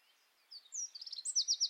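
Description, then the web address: Bird song beginning after a brief quiet moment, a few thin slurs leading into a rapid series of loud, high repeated notes. "Deverinetal 2025 File origin Bird Only"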